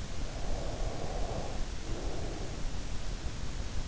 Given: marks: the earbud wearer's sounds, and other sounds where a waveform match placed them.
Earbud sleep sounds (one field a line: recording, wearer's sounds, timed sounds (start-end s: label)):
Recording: sounds in sleep by an in-ear microphone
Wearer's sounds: breath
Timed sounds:
0.23-3.27 s: breath